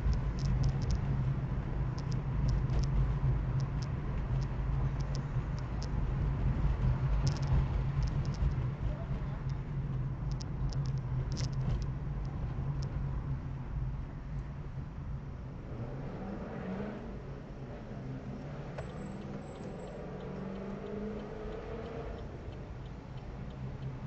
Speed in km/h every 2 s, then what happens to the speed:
34, 34, 35, 34, 32, 31, 30, 26, 14, 0, 0, 12.
0-12 steady at about 34. 12-18 brakes to 0. 18-20 standing. 20-22 pulls away to 12.